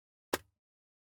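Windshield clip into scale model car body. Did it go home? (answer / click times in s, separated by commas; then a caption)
yes / 0.3 s. A plastic windshield retaining clip is pressed into the body of a 1:8 scale die-cast 1967 Mustang "Eleanor" model car from Fanhome. A single short, sharp click is heard at 0.3 s, with a brief low thump trailing off, and the rest is silence. The clip is confirmed seated.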